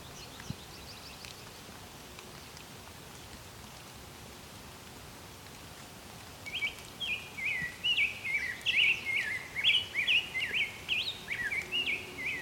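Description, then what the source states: Gray Catbird song starting after six seconds of quiet: rapid, varied squeaky phrases in a continuous jumbled stream, over low steady background noise. Singing, including some mimicry.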